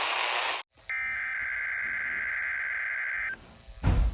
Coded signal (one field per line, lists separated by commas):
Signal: Emergency Alert System (SAME) tones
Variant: header bursts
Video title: EAS Compilation #1 (7/27/22)